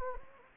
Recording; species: mosquito wingbeat signal from an infrared sensor; Anopheles gambiae